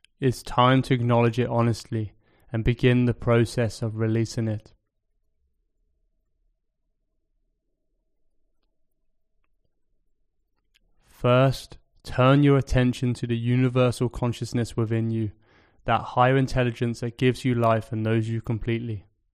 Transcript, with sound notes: it's time to acknowledge it honestly and begin the process of releasing it. [Pause 5 seconds] First, turn your attention to the universal consciousness within you – that higher intelligence that gives you life and knows you completely.